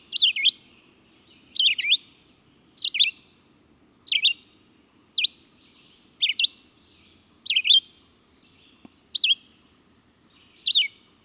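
Red-eyed vireo singing a steady series of brief, varied whistled phrases, each sliding up and down in pitch; quiet background.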